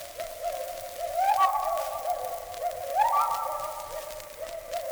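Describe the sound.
Gibbon calls, hooting notes that swoop upward and hold, rising twice then settling back to a lower steady tone, with faint background hiss.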